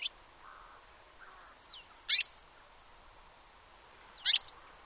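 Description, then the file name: European goldfinch calls: two loud, sharp, high double notes about two seconds apart, with soft faint chirps early on. "Carduelis carduelis"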